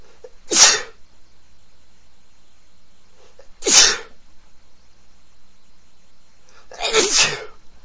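Three sharp sneezes from an adult man, spaced about three seconds apart. The first two each have a brief breath intake before an explosive, hissy burst. The last is longer and rougher. A plain run of sneezes over a faint, steady background hum.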